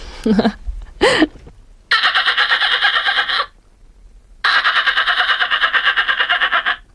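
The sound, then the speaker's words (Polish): Heron chicks calling in the nest: two short harsh squawks, then two long, loud, raspy rattling calls, each a rapid rhythmic chatter of pulses with a brief pause between them. “Zatem poproszę o pisklaki czapli.”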